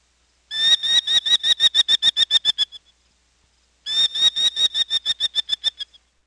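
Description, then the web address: Merlin giving quick, shrill, repeated notes in two chattering bursts with a short silent gap between them. "Peterson North American Birds. merl"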